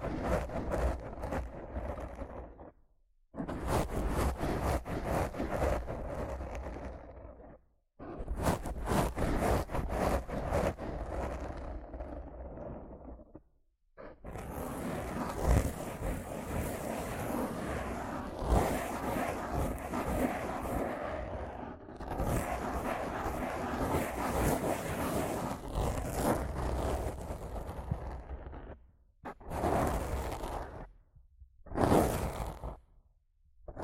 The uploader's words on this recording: ASMR Rough Mic Scratching & Brushing (No Talking).